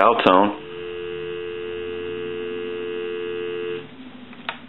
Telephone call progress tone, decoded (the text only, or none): dial tone